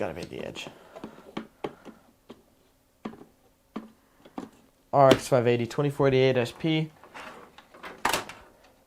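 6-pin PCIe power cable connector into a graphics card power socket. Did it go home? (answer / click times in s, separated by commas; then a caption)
yes / 8.1 s. A 6-pin PCIe power cable connector is pushed into the power socket of a 580 2048 SP graphics card, with scattered light knocks and handling sounds while someone talks. One loud, sharp snap at 8.1 s marks the connector seating, more forcefully than expected.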